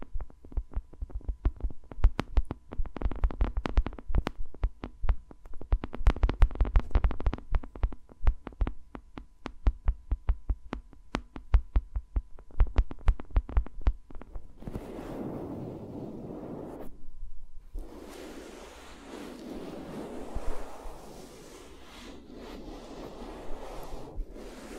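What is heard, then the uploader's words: Fingers work around the microphones in an ASMR session, first with rapid, dense taps and clicks for about fourteen seconds. Then the tapping gives way to steady scratchy rubbing and rustling, broken by a brief pause near seventeen seconds. ASMR with Mics Around My Fingers (No Talking).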